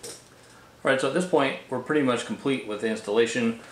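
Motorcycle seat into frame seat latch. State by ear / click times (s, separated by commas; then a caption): seated / 0.0 s. The rear seat of a 2017+ Suzuki SV650 is reinstalled during a fender eliminator install, with its front teeth hooked in, the seat pushed forward, and the back pressed down into the frame seat latch. A short click at 0.0 s marks the latch catching and the seat seating home, after which someone talks.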